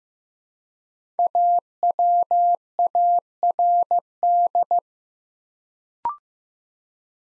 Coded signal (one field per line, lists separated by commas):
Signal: Morse code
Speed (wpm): 15 wpm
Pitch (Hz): 700 Hz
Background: none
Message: AWARD